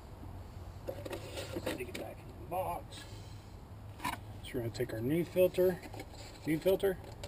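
A new filter element is handled at the filter housing of a 2008 Ford F-250 Super Duty pickup with a 6.4L diesel engine during an oil change, while someone talks. Light scrapes and small handling knocks are heard as the element is worked toward the housing. Nothing has seated or clicked into place yet.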